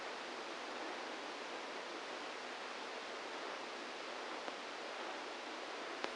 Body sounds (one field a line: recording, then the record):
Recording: brain microelectrode recording played as sound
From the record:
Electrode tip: inside the subthalamic nucleus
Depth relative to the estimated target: 0 mm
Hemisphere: right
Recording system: NeuroSet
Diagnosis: Parkinson's disease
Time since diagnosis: 27 years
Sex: male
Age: 62 years